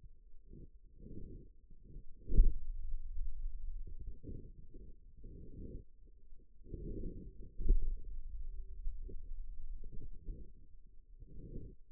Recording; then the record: forearm muscle sounds (acoustic myography)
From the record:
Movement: pen grasping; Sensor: system 2, bracelet of six BSWA MPA416 microphones around the upper forearm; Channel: 4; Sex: male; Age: 22 years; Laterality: right